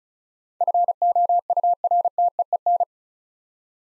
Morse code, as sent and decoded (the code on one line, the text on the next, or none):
..-. --- ..- .-. - . . -.
FOURTEEN